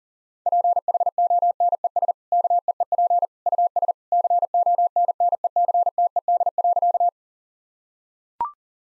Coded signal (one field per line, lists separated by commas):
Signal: Morse code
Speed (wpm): 37 wpm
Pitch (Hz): 700 Hz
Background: none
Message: PHONES KEEP US CONNECTED.